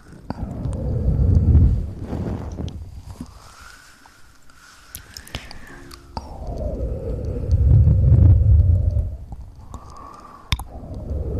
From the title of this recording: Mouth sounds